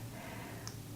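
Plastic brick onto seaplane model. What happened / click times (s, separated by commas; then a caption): Plastic part handled but not yet seated; one brief tick could be mistaken for a snap / none. A plastic building brick part is pressed onto a Lego Creator 3 in 1 seaplane model, with a steady low hum throughout and a single brief tick near 0.7 s. Nothing has seated or snapped into place yet.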